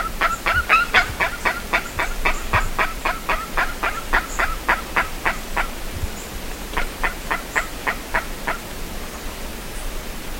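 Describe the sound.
Bird calls: a fast run of harsh, honking notes, about four each second, breaks off near six seconds, then a shorter second run follows over a low background rumble.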